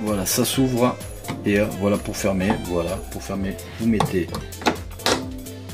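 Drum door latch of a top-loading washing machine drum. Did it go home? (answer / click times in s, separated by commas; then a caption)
yes / 5.1 s. Someone talks over background music while closing the two drum door flaps of a Candy CSTG 482DE top-loading washing machine and pushing them together. The drum door latch snaps shut with a sharp click at 5.1 s, and the door is closed.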